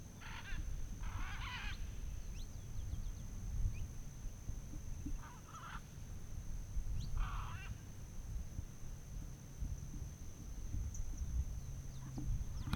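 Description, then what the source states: Macaws uttering four rough, grating squawks in the first eight seconds, then quieter, with steady low background rumble and a continuous high-pitched tone. Recorded at dawn on a fazenda in Goiás, Brazil.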